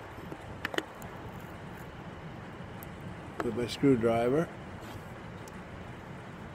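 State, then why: Seated. Someone uses a screwdriver to lock the action rail into its lock on the piano action of a Baldwin Acrosonic upright piano. Two sharp clicks at 0.7 s and 0.8 s are followed by quiet background and then someone talking. The rail is then locked into place.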